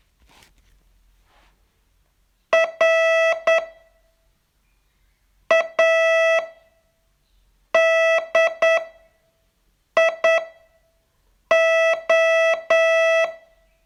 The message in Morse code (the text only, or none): RADIO